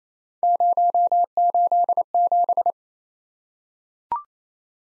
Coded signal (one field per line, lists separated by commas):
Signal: Morse code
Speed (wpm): 27 wpm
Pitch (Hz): 700 Hz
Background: none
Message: 087